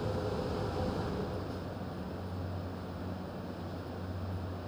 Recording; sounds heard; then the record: poultry house recording; no chicken sound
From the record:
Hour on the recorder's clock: 20